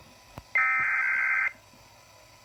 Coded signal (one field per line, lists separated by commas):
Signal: Emergency Alert System (SAME) tones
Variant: header bursts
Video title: EAS 107 FIRE WARNING